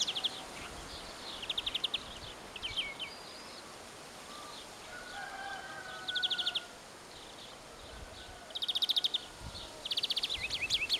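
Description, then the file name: European greenfinch giving several short rattling trills over a quiet hiss. "Chloris chloris"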